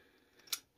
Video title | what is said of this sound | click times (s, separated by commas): Motorized Bikes 101: Engine Top-end Assembly 49cc 66cc 80cc 100cc | boom popped into place all right so these are installed | 0.5 s